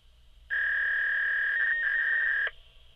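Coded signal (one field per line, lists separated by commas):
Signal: fax machine handshake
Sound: a steady high-pitched electronic tone lasting about two seconds, with a brief warble near the end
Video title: Fax Machine sound |Sound Effect Studio|2020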